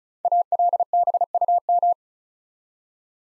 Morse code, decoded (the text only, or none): ALBUM